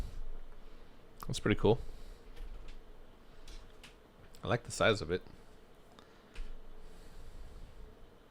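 An Insta360 Flow 2 Pro smartphone gimbal is handled while someone talks, with a few faint clicks and taps as a plastic folding part is moved toward its locked position. Nothing has snapped into place or seated yet by the end.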